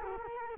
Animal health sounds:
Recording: mosquito wingbeat signal from an infrared sensor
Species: Culex quinquefasciatus

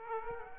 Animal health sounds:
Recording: mosquito wingbeat signal from an infrared sensor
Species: Aedes aegypti

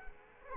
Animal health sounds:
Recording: mosquito wingbeat signal from an infrared sensor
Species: Culex quinquefasciatus

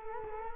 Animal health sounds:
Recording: mosquito wingbeat signal from an infrared sensor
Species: Culex quinquefasciatus

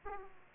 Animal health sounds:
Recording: mosquito wingbeat signal from an infrared sensor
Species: Aedes aegypti

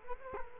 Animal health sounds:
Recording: mosquito wingbeat signal from an infrared sensor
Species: Culex quinquefasciatus

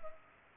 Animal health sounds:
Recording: mosquito wingbeat signal from an infrared sensor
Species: Culex pipiens

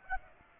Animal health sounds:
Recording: mosquito wingbeat signal from an infrared sensor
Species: Aedes aegypti

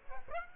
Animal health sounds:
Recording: mosquito wingbeat signal from an infrared sensor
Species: Aedes aegypti

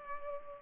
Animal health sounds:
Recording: mosquito wingbeat signal from an infrared sensor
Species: Culex pipiens

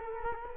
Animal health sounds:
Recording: mosquito wingbeat signal from an infrared sensor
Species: Culex quinquefasciatus

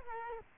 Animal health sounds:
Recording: mosquito wingbeat signal from an infrared sensor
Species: Culex quinquefasciatus

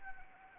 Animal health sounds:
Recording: mosquito wingbeat signal from an infrared sensor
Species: Anopheles arabiensis

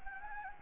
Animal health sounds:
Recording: mosquito wingbeat signal from an infrared sensor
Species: Anopheles gambiae

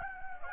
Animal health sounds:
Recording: mosquito wingbeat signal from an infrared sensor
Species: Anopheles gambiae

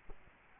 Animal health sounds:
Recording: mosquito wingbeat signal from an infrared sensor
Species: Culex quinquefasciatus

